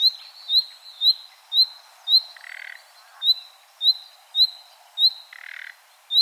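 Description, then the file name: Common nightingale giving sharp upslurred whistles in a steady run, about two per second, with two scratchy rattling bursts between them. "Luscinia megarhynchos"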